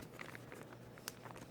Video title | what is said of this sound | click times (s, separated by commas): Double Zipper Bags - Great Value Brand - KimTownselYouTube | hear it popping it's just not consistent | 0.2 s, 0.3 s, 0.5 s, 1.1 s, 1.3 s